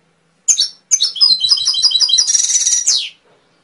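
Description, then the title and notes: Canary opening with a brief chirp, then a rapid run of repeated warbled notes ending in a buzzy trill. Canary song, used as masteran training audio for songbirds. "PANCINGAN SUARA MASTERAN KENARI. masteran kicau kenari"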